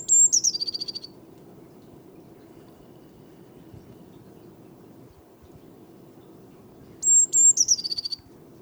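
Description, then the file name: Eurasian blue tit singing: very high thin notes sliding into a rapid, buzzy descending trill, given twice about seven seconds apart over a steady low hum. "Cyanistes caeruleus"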